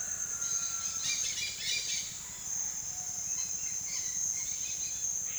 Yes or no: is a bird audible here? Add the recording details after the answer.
yes. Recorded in secondary vegetation near Puerto Asís, Putumayo, Colombia, on 22 June 2025 at 10:00. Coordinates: 0.498, -76.327. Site GP09